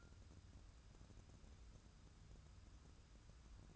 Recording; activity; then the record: daily activity, microphone in the room; take from stove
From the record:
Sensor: 2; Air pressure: 994.3 hPa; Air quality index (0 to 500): 216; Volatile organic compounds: 1000 ppm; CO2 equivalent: 7156 ppm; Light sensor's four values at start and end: 136/324/137/142 and 136/324/137/142